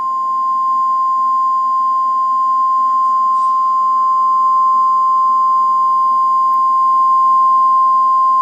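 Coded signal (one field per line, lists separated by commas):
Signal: Emergency Alert System (SAME) tones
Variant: 1050 Hz attention tone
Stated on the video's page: Simulated EAS scenario.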